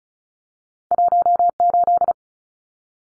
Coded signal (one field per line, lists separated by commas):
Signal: Morse code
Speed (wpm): 34 wpm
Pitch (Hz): 700 Hz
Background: none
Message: 18